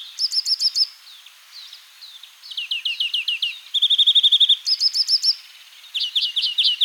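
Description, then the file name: European greenfinch giving a lively twitter of repeated high chips, rippling runs and one steady rattled trill, with short quieter pauses. "gruenfink"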